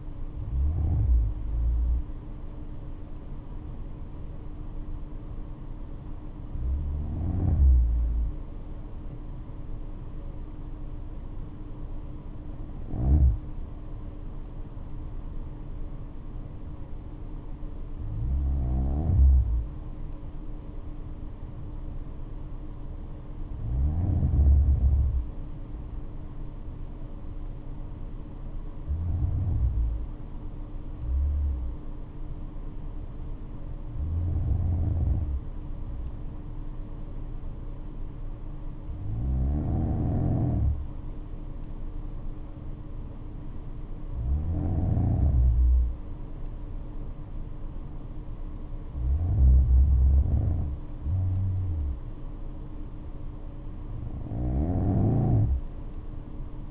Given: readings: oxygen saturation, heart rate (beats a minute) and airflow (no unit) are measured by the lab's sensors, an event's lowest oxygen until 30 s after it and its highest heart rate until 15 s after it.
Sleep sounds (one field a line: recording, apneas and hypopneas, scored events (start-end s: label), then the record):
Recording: breathing in sleep by a smartphone at the bedside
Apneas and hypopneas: 1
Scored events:
22.00-44.30 s: hypopnea (N2, oxygen 96% highest, then 93% lowest, heart rate 69 at the start, 71 highest)
From the record:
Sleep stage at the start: N2 (light sleep)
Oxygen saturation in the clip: 93 to 96%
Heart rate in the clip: 61 to 72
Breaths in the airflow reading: 11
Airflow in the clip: -7.0 to 9.5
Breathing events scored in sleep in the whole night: 228 in 5.4 hours asleep